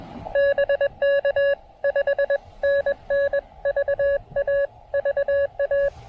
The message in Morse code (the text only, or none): BK 5NN VA VA